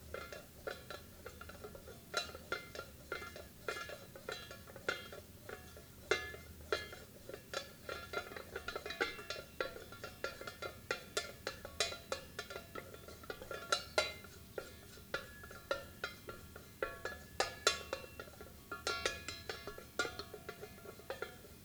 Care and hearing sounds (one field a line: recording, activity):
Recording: daily activity, guitar pickup as the sensor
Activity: fry